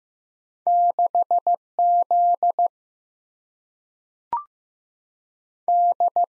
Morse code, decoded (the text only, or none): 6Z D